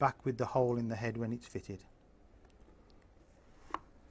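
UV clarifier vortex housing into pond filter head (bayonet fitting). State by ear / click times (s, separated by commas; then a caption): seated / 3.7 s. Someone talks for the first couple of seconds while the plastic vortex housing of a Hozelock Bioforce pond filter UV clarifier is lined up, its four tabs to the four slots in the filter head. The housing is then twisted into the bayonet fitting, with a few faint ticks followed by one sharp click at 3.7 s as it locks into the filter head.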